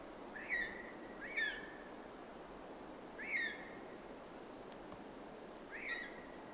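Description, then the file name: Eurasian jay calls: four short notes with faint overtones, irregularly spaced, over a steady background hiss. "Garrulus glandarius"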